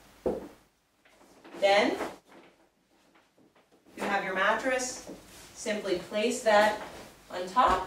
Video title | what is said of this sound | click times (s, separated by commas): TFK Twinner Twist Duo - Assembly with 2 Carrycots | and snap them into place on these black tabs then | 0.3 s